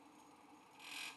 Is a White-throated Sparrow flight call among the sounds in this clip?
no